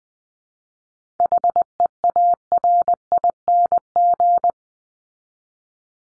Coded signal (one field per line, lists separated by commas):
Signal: Morse code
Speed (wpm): 20 wpm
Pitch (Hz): 700 Hz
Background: none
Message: HEARING